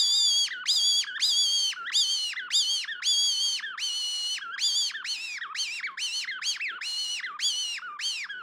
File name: Bluejay Distress